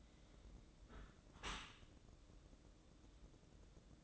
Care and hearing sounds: daily activity, microphone in the room; close dishwasher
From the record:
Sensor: 3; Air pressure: 1012.3 hPa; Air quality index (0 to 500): 148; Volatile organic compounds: 2 ppm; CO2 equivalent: 1138 ppm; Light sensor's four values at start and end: 499/1224/504/496 and 499/1224/504/496

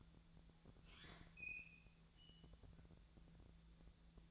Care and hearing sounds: daily activity, microphone in the room; open fridge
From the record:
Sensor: 3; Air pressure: 1000.1 hPa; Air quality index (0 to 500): 132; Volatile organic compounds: 2 ppm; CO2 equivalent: 1180 ppm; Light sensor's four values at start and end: 42/106/45/49 and 42/107/45/50

